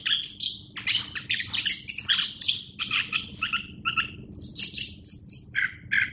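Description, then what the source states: Thrush (anis semang): thrush singing a busy mix of harsh chirps, squeaks and high whistled notes in quick succession, over a noticeable background hiss and low hum. Captive bird, kept at a bird shop in Graha Raya, Tangerang.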